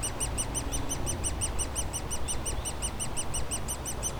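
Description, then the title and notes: Woodpecker nestlings utter fast, regular high chirps in a continuous chorus, over low rumbling noise. Woodpecker nestlings squawking continuously in their cavity at the foot of a dead tree trunk, Bois Saint-Martin near Lognes aerodrome, Noisy-le-Grand, France; light aircraft and airliners flying overhead; recorded with a DR-40X. "Bois Saint-Martin Noisy-le-Grand, France - Oisillons et gros "volatiles" bruyants. Au pied d'un tronc d'arbre mort, les oisillons d'un pic dans leur cavité piaillent continuellement alors que des avions survolent la zone"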